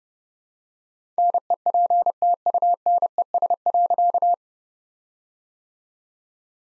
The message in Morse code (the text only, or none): NEPTUNES.